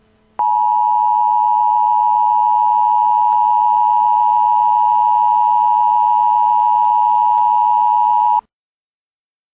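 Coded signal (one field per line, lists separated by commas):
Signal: Emergency Alert System (SAME) tones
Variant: 853 and 960 Hz attention tone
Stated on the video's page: Simulated, requested EAS scenario with local area emergency, hazardous materials, shelter-in-place and civil danger warnings.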